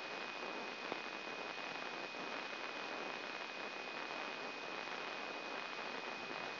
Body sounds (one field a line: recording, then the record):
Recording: brain microelectrode recording played as sound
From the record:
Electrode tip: inside the subthalamic nucleus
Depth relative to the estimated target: 0 mm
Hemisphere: right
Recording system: AlphaMap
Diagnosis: Parkinson's disease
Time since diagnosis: 16 years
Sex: male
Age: 60 years